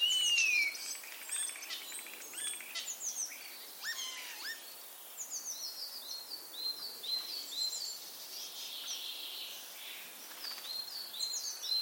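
Common starling chatter: a falling whistle at the start, then varied clicks, short rising whistles and wheezy notes in a loose, steady stream.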